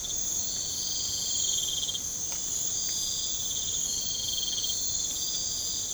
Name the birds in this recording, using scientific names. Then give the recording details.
none. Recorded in pastures near Puerto Asís, Putumayo, Colombia, on 20 December 2024 at 04:00. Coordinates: 0.496, -76.326. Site G004